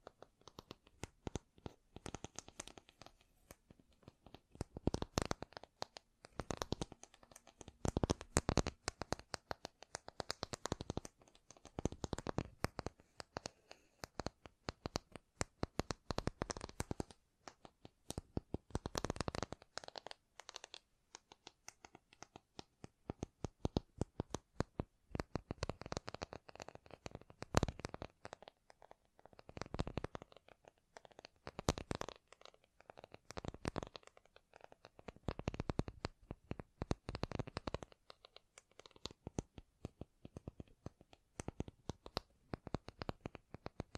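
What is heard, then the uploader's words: Rapid tapping runs through the whole recording in uneven clusters of crisp clicks, some bursts fast and dense, others sparser with short pauses, notably around the twenty-second mark. The taps sound dry and bright, like fingertips on a hard surface. ASMR Great Tapping Sounds for Sleep (No Talking).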